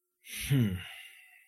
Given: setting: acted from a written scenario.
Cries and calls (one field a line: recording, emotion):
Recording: vocal sound without words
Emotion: contempt